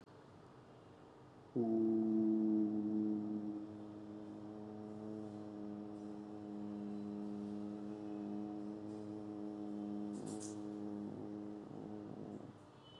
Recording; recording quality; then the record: sustained vowel as in boot; excellent, no background noise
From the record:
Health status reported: COVID-19 positive, mild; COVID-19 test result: positive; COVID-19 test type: RT-PCR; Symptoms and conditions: cough, cold, fever, fatigue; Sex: male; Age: 32 years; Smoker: no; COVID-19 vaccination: both doses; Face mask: not worn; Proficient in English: yes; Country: India